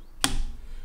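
A rifle component is positioned and pushed into the chassis of a Beretta BRX1 straight-pull, switch-barrel rifle, locking into place with a single sharp click at 0.2 s. The trigger goes back down and the assembly is all locked together, followed by a quiet, fading tail.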